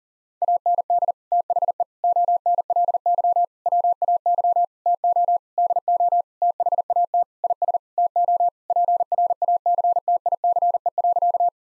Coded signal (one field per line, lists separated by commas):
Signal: Morse code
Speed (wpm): 40 wpm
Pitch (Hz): 700 Hz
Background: none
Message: AND THE ONLY WAY TO DO THAT IS TO PRACTICE.